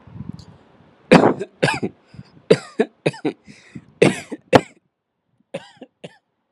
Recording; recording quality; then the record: shallow voluntary cough; excellent, no background noise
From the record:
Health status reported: healthy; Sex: male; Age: 38 years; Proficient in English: yes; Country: India